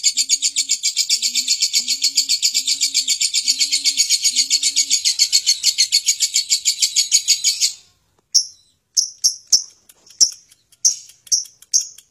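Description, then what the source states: Lovebird ngekek song: a fast, even, high-pitched rattling trill running for about eight seconds, then breaking into scattered sharp chirps separated by short silences. Lovebird ngekek song style, long continuous chattering song used as a bait song to prompt other lovebirds to sing.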